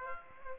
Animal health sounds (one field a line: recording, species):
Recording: mosquito wingbeat signal from an infrared sensor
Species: Aedes aegypti